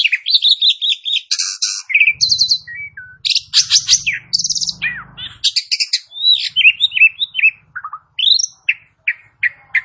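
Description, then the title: Asian pied starling song: a dense, varied stream of rasping chatter, whistles and short squeaky notes, almost without pause, over a soft low hum. "Bunyi Jalak Suren"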